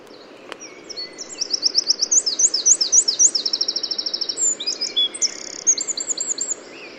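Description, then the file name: Eurasian wren song, a rapid burst of piercing high notes and buzzy trills running for about five seconds, with a faint click near the start and soft background noise. "Troglodytes troglodytes"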